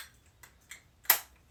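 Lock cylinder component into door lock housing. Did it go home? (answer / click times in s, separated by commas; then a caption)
yes / 1.1 s. While a Kwikset lock is rekeyed with a rekey kit, a lock cylinder part is popped into the door lock housing; it can go in either way depending on the door's handing. Two faint ticks at 0.4 and 0.7 seconds are followed by a sharp, loud snap at 1.1 seconds as the part seats in place.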